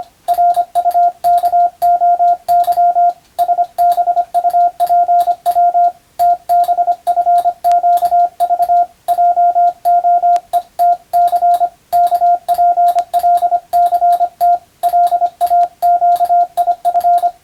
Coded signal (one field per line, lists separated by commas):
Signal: Morse code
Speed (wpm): 25 wpm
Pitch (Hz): 700 Hz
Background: radio noise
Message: RUKOY SBUPW TBFQV JOETC KPLCT LAQIF